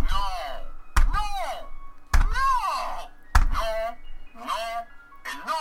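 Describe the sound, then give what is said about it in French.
A novelty 'no' buzzer, given as a Christmas gift, blurts a recorded voice saying no about five times in a row, each with a swooping, exaggerated pitch, several starting with a sharp thunk of the button being pressed. “Elle m'a offert un buzzer à non, et elle m'a dit...”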